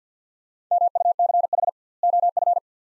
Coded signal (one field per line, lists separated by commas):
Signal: Morse code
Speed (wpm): 50 wpm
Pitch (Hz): 700 Hz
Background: none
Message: MUCH OF